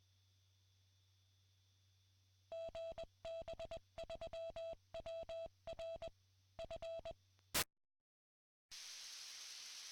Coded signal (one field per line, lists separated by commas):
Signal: Morse code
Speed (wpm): 20 wpm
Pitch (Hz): 660 Hz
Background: music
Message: GB3WR FE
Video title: HAM Radio VHF